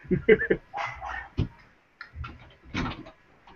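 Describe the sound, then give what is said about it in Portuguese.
Dogs barking in a few sharp, irregular bursts, some clustered together and others spaced apart, with a mix of deeper woofs and higher yelps at moderate loudness. “Pô, mas os cachorros aí tá igual as crianças da creche aqui, hein?”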